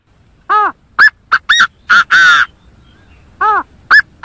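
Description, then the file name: Chinese francolin phrase of harsh notes: one arched note, several sharp clipped ones, two broad grating notes, then the phrase starts again. In forest. "Tieng ga go rung"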